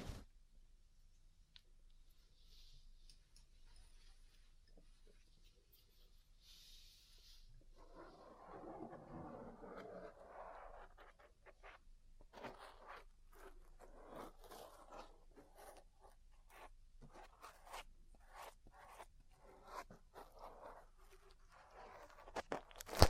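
Ear cleaning and massage sounds, soft and close to the mic, with quiet rustling for the first several seconds and a brief hiss around six seconds. From about eight seconds a fuller rubbing swell gives way to rapid, uneven crunchy taps and scrapes that continue to the end.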